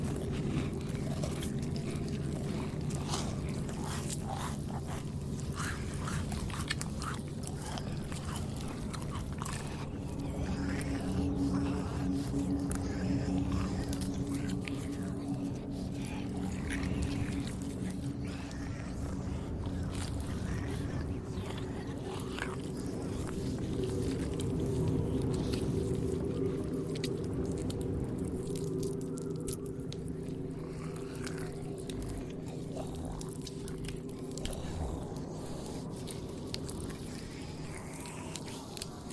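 Zombies moan and chew through a dense, continuous layer of low groaning that holds sustained pitches, shifting higher around the middle and again near the end. Wet squishing and biting sounds break in irregularly throughout, with louder stretches around ten and twenty-five seconds.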